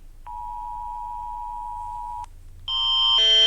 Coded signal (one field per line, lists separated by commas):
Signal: Emergency Alert System (SAME) tones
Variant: 853 and 960 Hz attention tone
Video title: Axle reacts to eas alarms